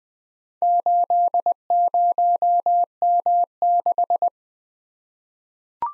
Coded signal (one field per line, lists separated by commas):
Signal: Morse code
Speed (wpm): 20 wpm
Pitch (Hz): 700 Hz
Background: none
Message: 80M6